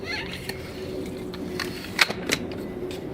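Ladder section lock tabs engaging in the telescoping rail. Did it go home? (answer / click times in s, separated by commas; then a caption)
yes / 2.0 s. One aluminium section of a 20 ft telescoping ladder in an A-frame configuration is raised until its two spring lock tabs snap out to the locked position in the telescoping rail. Over a low steady background with faint ticks, a sharp click at 2.0 s marks the tabs engaging, followed by another sharp tick at 2.3 s. The step is locked in place.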